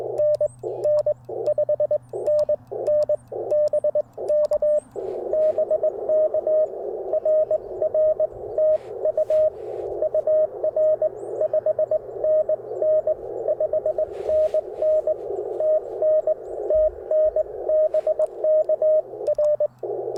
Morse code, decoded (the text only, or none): NN 5NN BK BK RR TU UR 5NN 5NN TN TN BK R